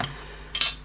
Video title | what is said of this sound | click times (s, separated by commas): PC basics : inside the case | certain four socket so there's a little lever locks in place okay | 0.6 s